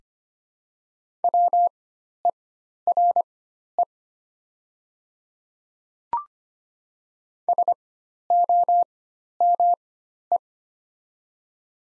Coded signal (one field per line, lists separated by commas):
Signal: Morse code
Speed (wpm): 25 wpm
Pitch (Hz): 700 Hz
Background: none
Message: WERE SOME